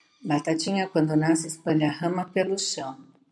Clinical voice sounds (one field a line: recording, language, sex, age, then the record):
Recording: short text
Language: Brazilian Portuguese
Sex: female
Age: 60 to 69 years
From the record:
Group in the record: control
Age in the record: 61 years